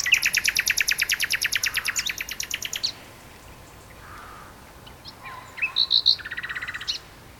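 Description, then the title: Common nightingale delivering a loud fast rattling trill for three seconds, then silence and softer whistles and a brief buzzy phrase. Two nightingales singing in a duet on Westleton Heath. "sanderson. nightingale duet on westleton heath"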